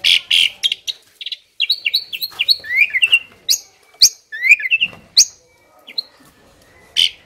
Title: Masteran Jalak Suren Atasi Burung KURANG GACOR Dan LOYO